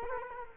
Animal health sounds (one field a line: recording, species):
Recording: mosquito wingbeat signal from an infrared sensor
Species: Culex quinquefasciatus